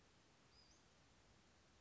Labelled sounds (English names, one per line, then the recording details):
Western Flycatcher
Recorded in Sonoma County, California